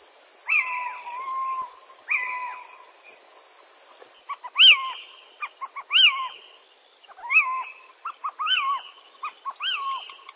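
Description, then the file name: Little owl calling with long mewing notes, then a quicker run of shorter rising-and-falling yelps, roughly one per second, with faint high ticking behind. "Steinkauz - NABU"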